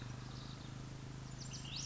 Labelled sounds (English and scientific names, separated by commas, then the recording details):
Ash-throated Flycatcher (Myiarchus cinerascens)
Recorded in Sonoma County, California